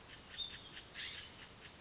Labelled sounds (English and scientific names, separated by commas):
California Scrub-Jay (Aphelocoma californica)